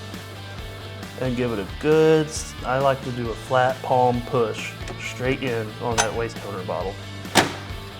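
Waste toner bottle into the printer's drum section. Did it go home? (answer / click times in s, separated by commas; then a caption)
yes / 7.4 s. A plastic waste toner bottle is lined up with the drum valves of a Xerox C315 Color Multifunction Printer and pushed straight in with a flat palm while someone talks over a steady low hum. A single sharp click at 7.4 s marks the bottle seating home in the printer's drum section.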